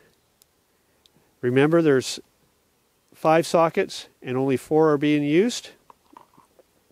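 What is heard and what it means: A crimped wire terminal is handled at a socket of the plastic plug-in connector housing of a Planar 44D-12 4 kW 12 V diesel air heater being installed in a boat. Someone talks while a few faint, short ticks of handling are heard. The terminal has not seated or clicked into the housing yet.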